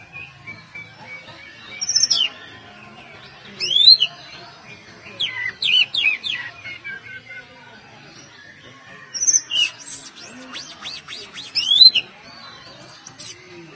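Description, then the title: Oriental magpie-robin song of varied whistled phrases, loud upslurs and scratchy notes, in two main bouts with quieter chattering between. "Kacer"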